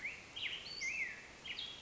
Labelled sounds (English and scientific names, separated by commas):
Black-headed Grosbeak (Pheucticus melanocephalus)